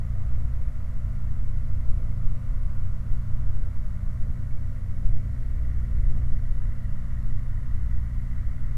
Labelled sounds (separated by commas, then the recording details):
machinery
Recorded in the Prudhoe Bay oil fields, Alaska, on 8 July 2019 at 00:20
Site 29